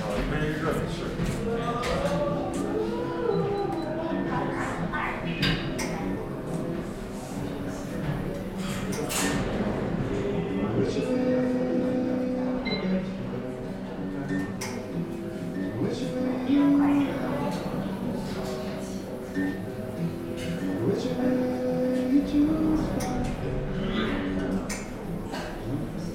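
Café chatter fills the clip: overlapping voices murmur steadily throughout, with occasional clinks and brief louder sounds scattered across the background.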